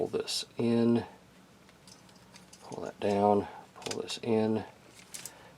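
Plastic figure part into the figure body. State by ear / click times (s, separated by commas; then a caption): seated / 5.1 s. Someone talks while pulling parts of a plastic Thunderbolt Mechanic Studios G1 Blitzwing figure in and down during transformation, with faint plastic handling clicks between phrases. A short, sharp snap at 5.2 s is the plastic part seating into place in the figure body.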